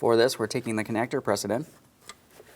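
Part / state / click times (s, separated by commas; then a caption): electrical connector onto throttle body / seated / 2.1 s. An electrical connector is pressed onto the throttle body of a 2015-2025 Ford Transit 250 with the 3.7L V6 while someone talks. A sharp click at 2.1 s marks the connector seating, confirmed by a light tug check and a red locking tab.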